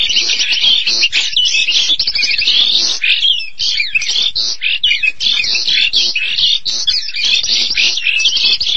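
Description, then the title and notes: Starling, rapid varied song with slurred whistles, harsh buzzes and chattering notes tumbling together without a real break. "suara burung jalak"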